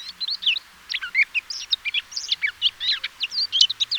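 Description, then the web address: Eurasian blackcap warbling song: rapid, varied high chirps and short whistled slurs in quick bursts, pausing briefly before resuming, with a quiet background. "SETE data Sylvia atricapilla"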